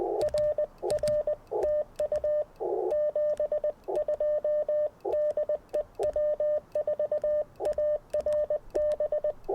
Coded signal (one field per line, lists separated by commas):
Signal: Morse code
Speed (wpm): 20 wpm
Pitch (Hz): 600 Hz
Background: none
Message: RR TU 72 DE W4ARB